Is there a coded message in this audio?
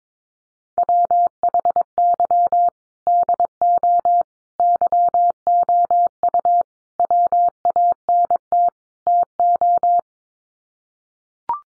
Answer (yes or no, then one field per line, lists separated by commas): yes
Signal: Morse code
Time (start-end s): 0.8-10.0 s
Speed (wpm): 22 wpm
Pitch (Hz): 700 Hz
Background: none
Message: WHY DO YOU WANT TO